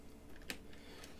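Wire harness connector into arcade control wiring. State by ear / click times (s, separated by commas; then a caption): seated / 0.5 s. A plastic wire harness connector is plugged back into the arcade control panel wiring and clips in with one sharp, bright click at 0.5 s, with a few faint ticks around it. The connector is seated and everything is wired.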